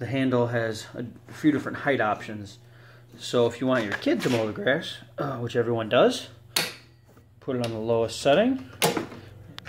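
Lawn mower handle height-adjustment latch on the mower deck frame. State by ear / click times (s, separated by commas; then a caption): seated / 9.6 s. Someone talks while moving the handle of a Kobalt 80V lithium-powered lawn mower to its lowest height setting, so a kid can mow the grass. The handle's height-adjustment latch on the mower deck frame snaps into place with a sharp click at 9.6 s, and the handle is seated at the lowest position.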